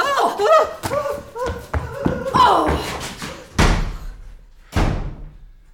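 Two sharp, heavy smacks ring out about a second apart, like backhand blows struck on stage, each with a brief thudding tail. Loud, excited voices come just before them.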